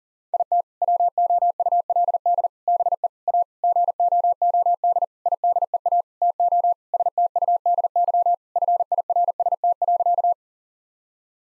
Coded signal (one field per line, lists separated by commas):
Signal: Morse code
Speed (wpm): 40 wpm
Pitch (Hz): 700 Hz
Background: none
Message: IT WOULD BE A GOOD IDEA TO STUDY FIRST.